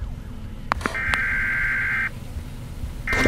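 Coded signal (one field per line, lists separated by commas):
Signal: Emergency Alert System (SAME) tones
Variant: header bursts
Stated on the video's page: EAS tones in a Roblox game.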